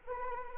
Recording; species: mosquito wingbeat signal from an infrared sensor; Anopheles arabiensis